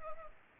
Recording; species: mosquito wingbeat signal from an infrared sensor; Culex pipiens